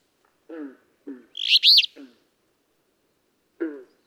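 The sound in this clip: Alder flycatcher gives one buzzy, emphatic phrase among several short, low, nasal calls.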